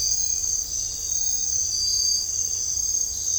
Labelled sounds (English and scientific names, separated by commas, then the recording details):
none
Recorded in dense forest near Puerto Asís, Putumayo, Colombia, on 21 December 2024 at 05:00
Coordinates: 0.500, -76.322
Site G053